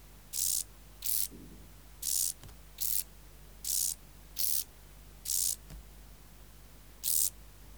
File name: Chorthippus brunneus